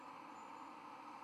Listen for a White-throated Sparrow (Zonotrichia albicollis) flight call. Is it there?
no